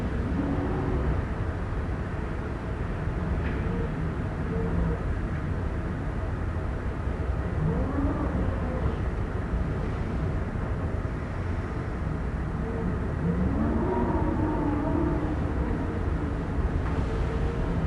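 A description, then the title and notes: Wind gusts roar and howl past buildings over a steady, dense low rumble of city traffic. Rising and falling whistling tones sweep through, most clearly around eight and fourteen seconds, while the traffic noise stays constant beneath. Windy Night, Windy City. The normally ever-present hum of the busy downtown takes a backseat to gusts of wind howling past concrete and glass. From high above, the world vibrates and the street traffic below starts to fade in a cadence similar to that of the passing gale.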